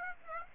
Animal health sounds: mosquito wingbeat signal from an infrared sensor; Aedes aegypti

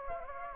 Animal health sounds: mosquito wingbeat signal from an infrared sensor; Anopheles gambiae

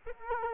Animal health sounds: mosquito wingbeat signal from an infrared sensor; Culex quinquefasciatus

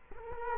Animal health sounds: mosquito wingbeat signal from an infrared sensor; Culex quinquefasciatus

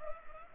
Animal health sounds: mosquito wingbeat signal from an infrared sensor; Culex pipiens

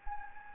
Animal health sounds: mosquito wingbeat signal from an infrared sensor; Anopheles gambiae

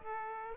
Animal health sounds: mosquito wingbeat signal from an infrared sensor; Aedes aegypti

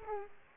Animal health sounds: mosquito wingbeat signal from an infrared sensor; Aedes aegypti

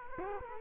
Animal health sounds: mosquito wingbeat signal from an infrared sensor; Culex quinquefasciatus

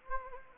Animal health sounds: mosquito wingbeat signal from an infrared sensor; Anopheles gambiae

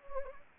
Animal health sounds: mosquito wingbeat signal from an infrared sensor; Anopheles gambiae

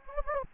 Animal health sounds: mosquito wingbeat signal from an infrared sensor; Anopheles gambiae

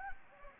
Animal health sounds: mosquito wingbeat signal from an infrared sensor; Anopheles gambiae

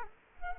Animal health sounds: mosquito wingbeat signal from an infrared sensor; Culex quinquefasciatus

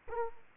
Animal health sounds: mosquito wingbeat signal from an infrared sensor; Culex quinquefasciatus

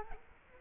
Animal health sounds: mosquito wingbeat signal from an infrared sensor; Culex quinquefasciatus

